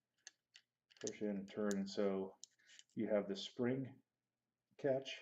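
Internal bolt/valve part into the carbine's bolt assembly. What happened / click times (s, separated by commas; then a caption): A small metal part clicked into place with a push-and-turn / 0.3 s. During maintenance, an internal bolt/valve part is pushed in and turned into the bolt assembly of a First Strike T15 AR1 paintball/airsoft carbine with a bayonet-style push-and-turn action. A sharp click is heard at 0.3 s, followed by smaller ticks near 0.6 s and 0.9 s, and then someone talks. The part seats with the click.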